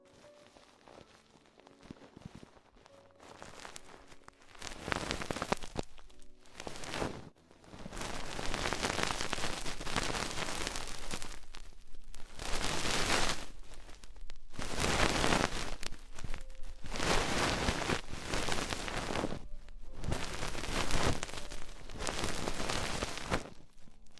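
An ear exploration sequence, opening with a few quiet seconds of faint, soft tapping before dense crackling, rain-like rustles take over around the five-second mark. The scratchy bursts come in long stretches broken by brief pauses, bright and crisp throughout.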